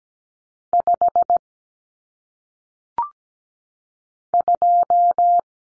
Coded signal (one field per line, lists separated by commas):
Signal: Morse code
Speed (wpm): 17 wpm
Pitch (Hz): 700 Hz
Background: none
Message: 5 2